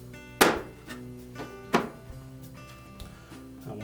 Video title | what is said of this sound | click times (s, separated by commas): Frigidaire Dryer Repair - How to replace the Outer Door Lens | that's locked into place | 0.4 s